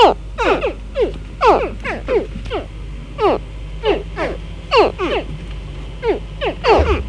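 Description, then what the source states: Baby crocodiles giving repeated sharp, downward-sweeping chirps, about twice a second, over a steady low rumble. Young crocodiles, several animals.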